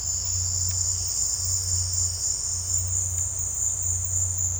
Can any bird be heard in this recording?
no